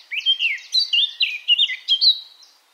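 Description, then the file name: Eurasian blackcap song fragment: a quick series of clear, slurred whistled notes, about ten in under three seconds. "Sylvia atricapilla"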